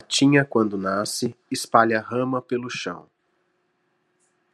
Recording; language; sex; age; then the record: short text; Brazilian Portuguese; male; 40 to 49 years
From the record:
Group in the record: control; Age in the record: 46 years